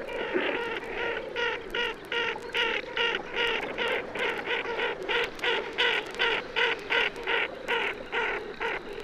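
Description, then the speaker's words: Ferruginous duck calls in flight, a steady series of short, hoarse, rasping notes repeated about three times a second with slight irregular pauses. Calls of flying ferruginous ducks, played for comparison with tufted duck; species prefers shallow, densely vegetated ponds, peat cuttings and lakes, reaching its western range limit in Germany. "Hören wir nun zum Vergleich die Rufe fliegender Moorenten."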